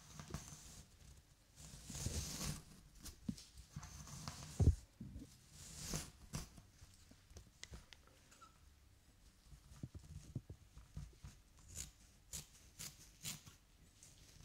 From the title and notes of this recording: ASMR Haircut Tutorial Hair Brushing for Relaxation.